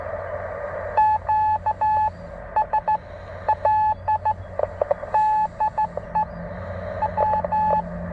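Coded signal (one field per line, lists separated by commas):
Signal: Morse code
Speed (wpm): 14 wpm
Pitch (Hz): 860 Hz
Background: none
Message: QSL DE W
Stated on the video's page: CW parks on the air activation with a Penntek TR45-L radio, offered as copy practice.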